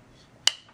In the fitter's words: um you know this one how it pops into place like that it does stick quite a bit